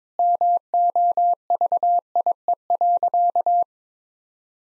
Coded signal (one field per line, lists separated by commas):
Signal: Morse code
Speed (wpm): 23 wpm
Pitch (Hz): 700 Hz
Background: none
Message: MOVIE.